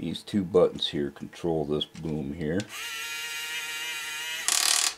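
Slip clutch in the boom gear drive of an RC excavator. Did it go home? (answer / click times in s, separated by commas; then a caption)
yes / 4.5 s, 4.6 s, 4.9 s. Someone talks while the boom of a metal RC excavator is operated with the controller buttons, and from about 2.7 s a steady motor whine is heard. When the boom's gear drive reaches its limit, the protective slip clutch that keeps the gears from stripping ratchets with repeated clicks at 4.5, 4.6, 4.6 and 4.9 s.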